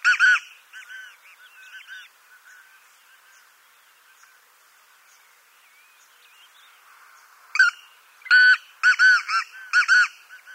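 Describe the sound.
Black francolin with two bursts of rasping, harmonic notes, one at the start and one near the end, separated by a long quiet stretch with faint chirps.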